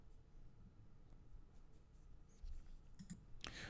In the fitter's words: Just line up the little prongs and push it in until you hear a click.